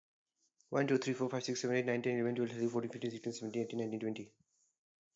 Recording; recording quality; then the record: counting at a fast pace; excellent, no background noise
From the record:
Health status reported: healthy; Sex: male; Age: 33 years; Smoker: yes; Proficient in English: yes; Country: India